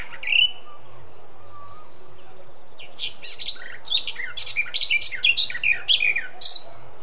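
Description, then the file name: Eurasian blackcap gives a single sharp note, falls silent briefly, then launches into a lively warble ending in loud, clear fluty whistles. "Sylvia atricapilla"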